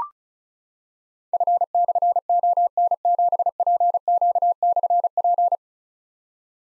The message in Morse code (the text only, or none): F/ON7PQ/P